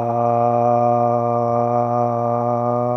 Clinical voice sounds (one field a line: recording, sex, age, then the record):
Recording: sustained vowel /a/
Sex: male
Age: 20 to 29 years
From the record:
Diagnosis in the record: healthy control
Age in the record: 29 years